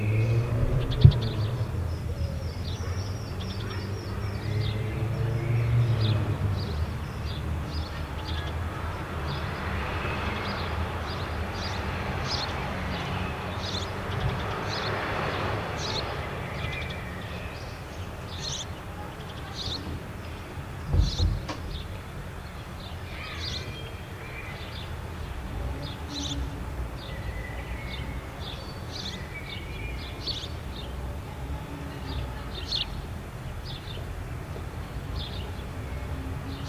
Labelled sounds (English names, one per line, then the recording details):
Grey-headed Woodpecker
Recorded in the wild
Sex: male
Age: adult
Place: Bielefeld-Mitte, Nordrhein-Westfalen, DE
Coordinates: 52.0072, 8.54889
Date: 1972-06-01
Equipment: Uher 4200 Report Stereo, Bändchenmikro Beyer M 260, Parabolspiegel Polyester (600 mm)
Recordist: Conrads, Klaus